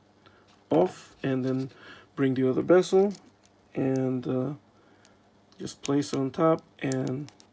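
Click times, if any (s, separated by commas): none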